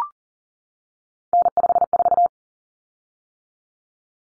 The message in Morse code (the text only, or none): N54